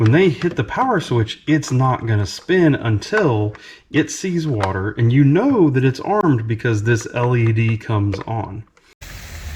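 Someone talks about a small Haiboxing Surge X03 RC boat with its battery in, and the clip ends with a brief burst of hiss. The plastic hatch cover is being handled over the battery compartment on the hull, but nothing has seated or clicked yet.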